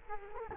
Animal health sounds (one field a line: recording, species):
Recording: mosquito wingbeat signal from an infrared sensor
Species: Culex quinquefasciatus